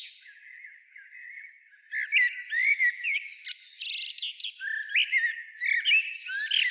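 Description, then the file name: Eurasian blackbird sounds: after a quiet start, a run of rising and falling fluty notes with sharp high squeaks and twitters. "Turdus merula"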